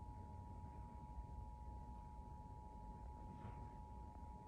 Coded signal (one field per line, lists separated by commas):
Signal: Emergency Alert System (SAME) tones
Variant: 853 and 960 Hz attention tone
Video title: EAS #122: December 2023 Pennsylvania Required Monthly Test On WVIA Kids (12/21/2023)